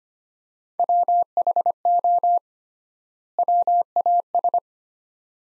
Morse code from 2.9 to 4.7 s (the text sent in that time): WAS